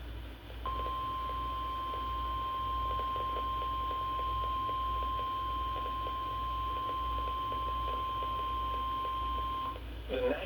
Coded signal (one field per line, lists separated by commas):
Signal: Emergency Alert System (SAME) tones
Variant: 1050 Hz attention tone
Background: speech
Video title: (RARE) [EAS 21-22] SCARY PDS SEVERE THUNDERSTORM WARNING. as well as a special marine warning